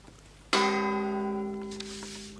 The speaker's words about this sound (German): Die genaue Zeit mit dem Gongschlag 17 Uhr.